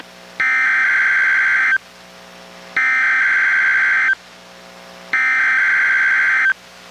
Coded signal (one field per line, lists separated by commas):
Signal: Emergency Alert System (SAME) tones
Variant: header bursts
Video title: EAS #743: NWR Required Weekly Test- Feb. 15, 2023- 11:10AM PST